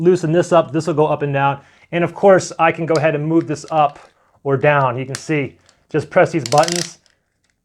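Someone talks while handling the adjustable arm/leg of a phone and action-camera hand grip tripod, a dual smartphone/GoPro one-hand holder, pressing its release buttons and moving the part up and down. Speech fills most of the clip, followed by two faint, brief ticks near the end at about 7.5 s and 7.7 s. The tripod leg lock has not yet clicked into place, and nothing has seated.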